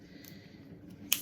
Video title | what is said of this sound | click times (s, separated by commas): calendrier de l'avant 2 décembre 2025 | ça se clipse. | 1.1 s